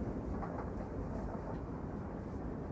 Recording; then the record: background sound without coughing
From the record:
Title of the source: Train Ride Ambience ambient white noise for sleeping, focus, studying, reading